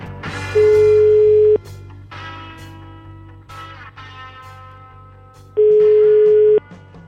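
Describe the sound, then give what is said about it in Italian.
An outgoing call to a Neapolitan radio station rings on the line: two loud, steady low-pitched tones, each about a second long and spaced roughly four seconds apart, with music playing quietly throughout. “Chiamate, dai. Fate squillare, vai!”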